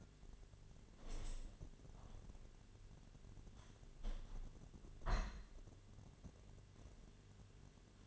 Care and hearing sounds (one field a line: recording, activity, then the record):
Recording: daily activity, microphone in the room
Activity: open window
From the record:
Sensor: 4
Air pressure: 1007.3 hPa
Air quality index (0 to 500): 200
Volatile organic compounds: 7 ppm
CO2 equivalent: 1991 ppm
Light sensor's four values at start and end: 23/73/28/27 and 23/74/28/27